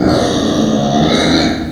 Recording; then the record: squeal of a Yucatan mini pig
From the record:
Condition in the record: before surgery on the right vocal fold (resection and tissue-engineered implant); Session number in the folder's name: 3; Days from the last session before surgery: 0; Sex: female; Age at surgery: 19 weeks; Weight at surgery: 25 kg